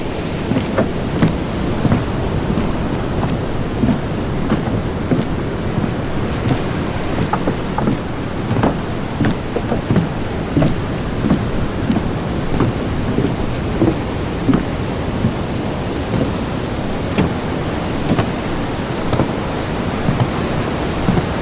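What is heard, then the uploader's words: A walk along a boardwalk, with sharp knocks and taps scattered steadily through the whole clip, like steps and creaks on wooden planks. Behind them a constant low rumble of wind and water, perhaps surf, fills the background without pause. Cool breeze. A peaceful walk on the boardwalk.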